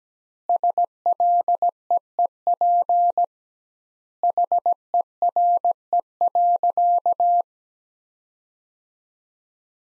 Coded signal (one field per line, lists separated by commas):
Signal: Morse code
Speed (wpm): 17 wpm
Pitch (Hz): 700 Hz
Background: none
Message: SLEEP HERE.